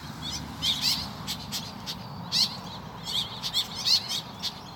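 Woodswallow giving soft, rasping chirps in loose, uneven sequence over a steady background hiss.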